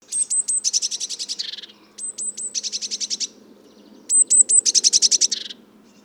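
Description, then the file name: Eurasian blue tit song repeated three times, each a few high piercing notes leading into a rapid trill, with short gaps between phrases. "Cyanistes caeruleus"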